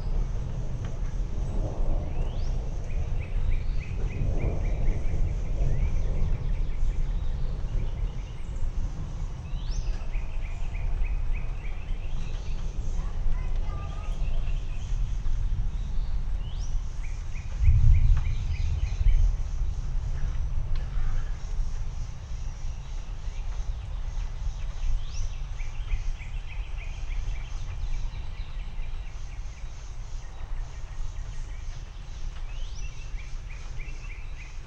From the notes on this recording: Slow rolling thunderstorm in the East Texas region.